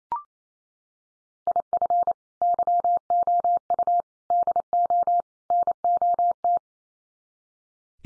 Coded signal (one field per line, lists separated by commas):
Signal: Morse code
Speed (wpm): 28 wpm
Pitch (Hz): 700 Hz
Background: none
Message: IF YOU DO NOT